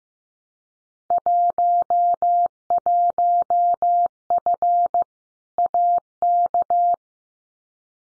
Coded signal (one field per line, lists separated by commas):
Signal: Morse code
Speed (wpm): 15 wpm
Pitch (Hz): 700 Hz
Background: none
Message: 11F AK